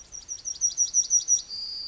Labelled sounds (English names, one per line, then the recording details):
Yellowhammer song
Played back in forest
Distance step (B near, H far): D
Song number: 147